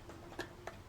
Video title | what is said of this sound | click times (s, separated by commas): The Model Ship - Part 2411 | It almost will snap into place | 0.7 s